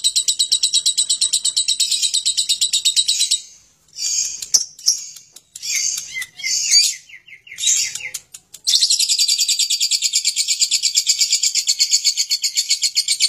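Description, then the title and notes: Lovebird ngekek song: a long fast high-pitched trill, interrupted by several seconds of mixed shrill chirps and squeaks before the steady rattling trill returns. Lovebird ngekek song style, long continuous chattering song used as a bait song to prompt other lovebirds to sing. "suara Lovebird ngekek, kicau pancingan"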